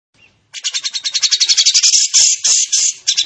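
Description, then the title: Bird song: a fast, loud series of buzzy, high chattering notes that run together into dense bursts, ending in separate quick chirps. Training recording (masteran) of a bird's song. "masteran lengkapp"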